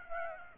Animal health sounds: mosquito wingbeat signal from an infrared sensor; Aedes aegypti

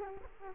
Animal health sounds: mosquito wingbeat signal from an infrared sensor; Culex quinquefasciatus

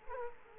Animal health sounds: mosquito wingbeat signal from an infrared sensor; Culex quinquefasciatus

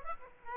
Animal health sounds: mosquito wingbeat signal from an infrared sensor; Aedes aegypti

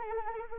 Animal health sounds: mosquito wingbeat signal from an infrared sensor; Anopheles arabiensis

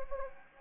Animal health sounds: mosquito wingbeat signal from an infrared sensor; Anopheles gambiae

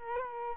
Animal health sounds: mosquito wingbeat signal from an infrared sensor; Culex quinquefasciatus

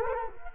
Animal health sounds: mosquito wingbeat signal from an infrared sensor; Culex quinquefasciatus

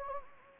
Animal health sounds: mosquito wingbeat signal from an infrared sensor; Anopheles gambiae

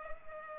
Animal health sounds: mosquito wingbeat signal from an infrared sensor; Culex pipiens

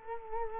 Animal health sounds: mosquito wingbeat signal from an infrared sensor; Culex quinquefasciatus

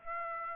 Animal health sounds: mosquito wingbeat signal from an infrared sensor; Aedes aegypti

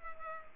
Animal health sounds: mosquito wingbeat signal from an infrared sensor; Culex pipiens

